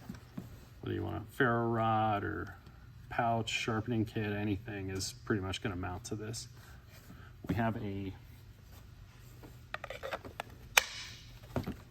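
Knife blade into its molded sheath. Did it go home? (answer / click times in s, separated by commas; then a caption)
yes / 10.8 s. Someone talks, then a fixed-blade knife is pushed into its molded sheath, with small clicks and rustles near the end. At 10.8 s it snaps sharply into the sheath's retention with a firm, positive click, and the knife is seated.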